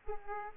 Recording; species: mosquito wingbeat signal from an infrared sensor; Aedes aegypti